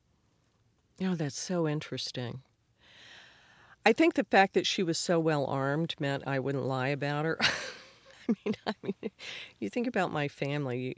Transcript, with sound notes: Oh, that's so interesting. I think the fact that she was so well-armed meant I wouldn't lie about her (laughter). I mean, you think about my family